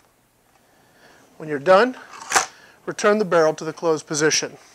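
Someone talks while handling a Hatsan Striker 1000s .177 break-barrel air rifle, returning its cocked barrel toward the closed position in its breech lock after a pellet has been loaded. The clip ends before the barrel goes home, so nothing has seated or clicked yet.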